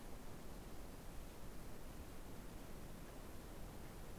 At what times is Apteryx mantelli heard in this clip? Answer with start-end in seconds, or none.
none